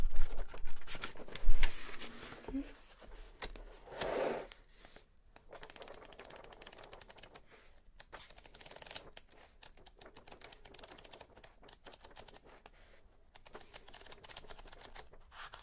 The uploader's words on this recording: Page Turning, Typing and Book Stamping.